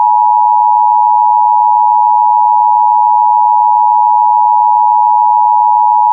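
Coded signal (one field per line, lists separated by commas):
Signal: Emergency Alert System (SAME) tones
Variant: 853 and 960 Hz attention tone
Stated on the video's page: Fictional EAS scenario set in 1995 using the old Emergency Broadcast System; simulated meteorite alert.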